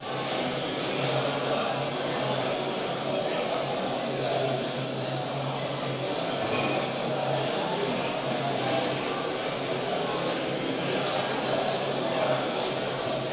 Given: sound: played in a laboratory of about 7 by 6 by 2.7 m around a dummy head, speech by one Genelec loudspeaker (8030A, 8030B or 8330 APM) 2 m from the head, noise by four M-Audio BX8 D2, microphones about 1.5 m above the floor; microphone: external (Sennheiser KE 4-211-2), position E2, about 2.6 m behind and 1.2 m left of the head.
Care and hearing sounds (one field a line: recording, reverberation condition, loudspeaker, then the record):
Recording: cafeteria noise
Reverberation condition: high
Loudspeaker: four, about 170 cm from the corners of the room and facing them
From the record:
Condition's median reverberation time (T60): about 1300 ms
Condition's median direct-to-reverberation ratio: about -4.0 dB